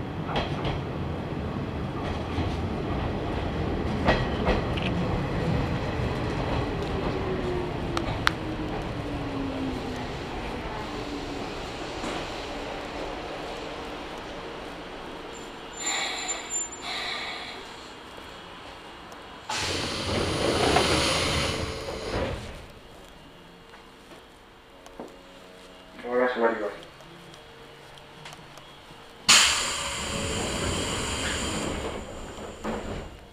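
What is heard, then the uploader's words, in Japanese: Riding aboard a local train between stations, a dense rolling rumble fills the first half while a motor whine slides downward as it slows. The car then quiets to a near stop, with sharp hissing bursts around 20 and 30 seconds and a short chime between. 伊豆箱根鉄道 大雄山線 穴部→塚原→五百羅漢。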